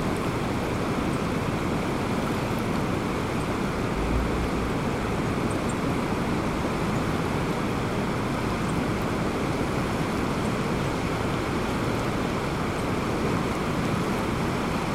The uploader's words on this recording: Along Bear Creek before it takes a turn and empties into the Wind River. Recorded from the property of our friends on a F6 via a matched pair of Lewitt 141 Airs inside ball windshields. They said it’s running higher and faster than normal for this time of year. It’s a constant sound at the cabin, and the sound we fell asleep to in the tent that night.